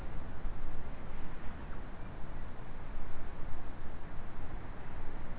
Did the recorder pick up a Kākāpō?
no